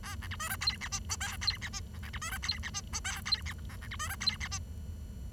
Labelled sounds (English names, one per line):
Bengalese Finch song